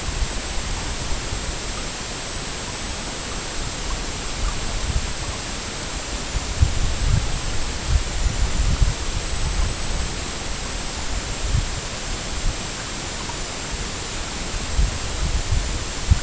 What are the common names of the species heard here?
none